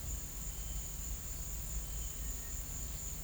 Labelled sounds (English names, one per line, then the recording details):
none
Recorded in pastures near Puerto Asís, Putumayo, Colombia, on 20 December 2024 at 16:30
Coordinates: 0.472, -76.329
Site G072